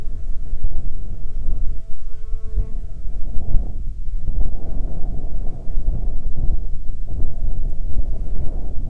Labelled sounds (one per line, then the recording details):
wind
insects
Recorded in the Arctic National Wildlife Refuge, Alaska, on 16 July 2019 at 15:32
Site 35